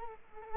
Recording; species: mosquito wingbeat signal from an infrared sensor; Culex quinquefasciatus